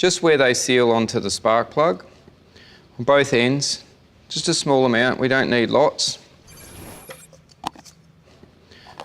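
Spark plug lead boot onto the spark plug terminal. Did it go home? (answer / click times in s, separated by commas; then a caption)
yes / 7.7 s. A rubber spark plug lead boot, with dielectric paste applied to its insulator end, is pushed down onto the spark plug terminal while someone talks. It snaps home onto the plug with a sharp click at 7.7 seconds, and the boot is seated.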